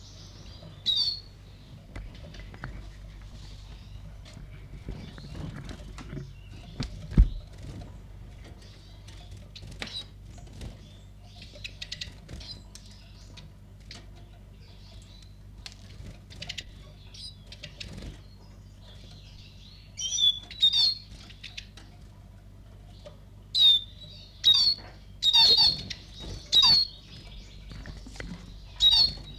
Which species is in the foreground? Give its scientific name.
Spinus spinus